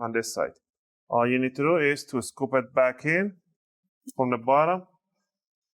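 A plastic side cover is being slid back onto a PlayStation 5 game console chassis from the bottom upward while someone talks. Nothing has seated or clicked yet.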